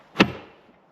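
A luggage backplate is unlocked and pushed out of its motorcycle mount. A single loud, sharp hit comes at 0.2 s and fades quickly over the next few tenths of a second. The backplate is released from the mount.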